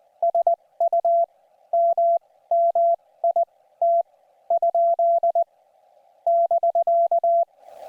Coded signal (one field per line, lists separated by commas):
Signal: Morse code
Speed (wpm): 20 wpm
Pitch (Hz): 680 Hz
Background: none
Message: SUMMIT? <BK>